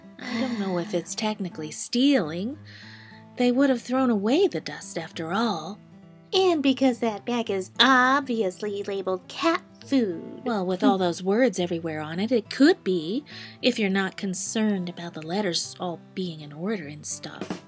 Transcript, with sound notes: I don’t know if it’s technically stealing…they would have thrown away the dust after all.
[Sarcastically] And because that bag is obviously labeled “cat food”
Well, with all those words everywhere on it, it could be…if you’re not concerned about the letters all being in order and stuff….